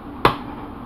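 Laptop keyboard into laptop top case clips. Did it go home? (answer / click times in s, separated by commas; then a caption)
yes / 0.2 s. A replacement laptop keyboard is pressed down into the laptop top case over its retaining clips. A single sharp snap is heard at 0.3 seconds as a clip catches, and the keyboard seats in place.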